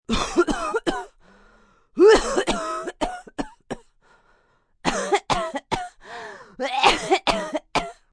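Three clusters of short, harsh, hacking coughs, about a dozen bursts in all, separated by brief quiet gaps. The coughs are dry and unproductive with no rattle or wheeze. This is an acted sick dry cough by an adult.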